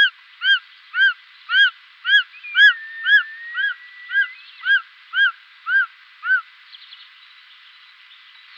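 Short-toed snake eagle calling in a steady run of short, arched whistled notes, about two per second, with a faint, thin sliding whistle in the middle.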